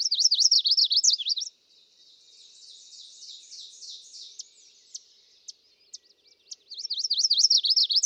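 Chestnut-sided warbler song: a rapid run of high, slurred up-and-down notes, then faint twittering, and the bright phrase returns at the end.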